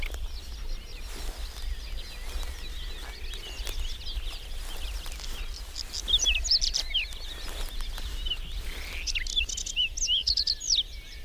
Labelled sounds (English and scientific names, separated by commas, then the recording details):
Whinchat (Saxicola rubetra) song
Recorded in the wild
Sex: male
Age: adult
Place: Schönow, Naturpark Barnim, Brandenburg, DE
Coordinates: 52.6892, 13.5014
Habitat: meadow
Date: 2005-05-01
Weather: clear, 10°C, no wind
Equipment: Edirol R-4, Sennheiser MKH 70, Windschutz
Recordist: Frommolt, Karl-Heinz